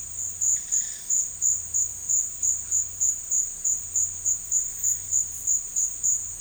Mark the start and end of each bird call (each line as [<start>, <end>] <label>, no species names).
[0.49, 1.36] bird call